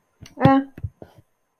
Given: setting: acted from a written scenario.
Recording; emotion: vocal sound without words; neutral